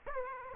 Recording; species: mosquito wingbeat signal from an infrared sensor; Aedes aegypti